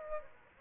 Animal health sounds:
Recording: mosquito wingbeat signal from an infrared sensor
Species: Aedes aegypti

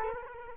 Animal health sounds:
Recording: mosquito wingbeat signal from an infrared sensor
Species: Culex quinquefasciatus

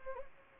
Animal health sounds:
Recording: mosquito wingbeat signal from an infrared sensor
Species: Anopheles gambiae

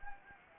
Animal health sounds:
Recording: mosquito wingbeat signal from an infrared sensor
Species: Anopheles gambiae

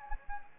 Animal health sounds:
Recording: mosquito wingbeat signal from an infrared sensor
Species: Anopheles gambiae

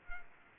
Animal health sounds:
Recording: mosquito wingbeat signal from an infrared sensor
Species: Culex quinquefasciatus

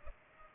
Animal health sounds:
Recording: mosquito wingbeat signal from an infrared sensor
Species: Culex pipiens

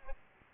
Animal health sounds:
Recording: mosquito wingbeat signal from an infrared sensor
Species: Aedes aegypti

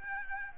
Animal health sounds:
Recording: mosquito wingbeat signal from an infrared sensor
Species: Aedes albopictus

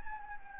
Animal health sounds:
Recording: mosquito wingbeat signal from an infrared sensor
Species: Anopheles gambiae

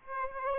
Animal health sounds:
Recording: mosquito wingbeat signal from an infrared sensor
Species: Aedes aegypti

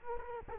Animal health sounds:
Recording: mosquito wingbeat signal from an infrared sensor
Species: Culex quinquefasciatus

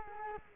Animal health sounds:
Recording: mosquito wingbeat signal from an infrared sensor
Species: Culex quinquefasciatus

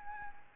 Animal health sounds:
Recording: mosquito wingbeat signal from an infrared sensor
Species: Aedes albopictus

